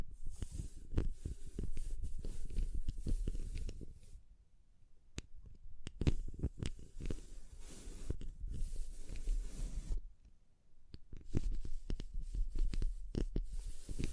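Dense tapping, scratching and crinkling run through most of the clip, with sharp clicks scattered among soft rustling brush strokes. The texture thins to quiet, sparse ticks around four to six seconds and again near ten seconds, then builds back up.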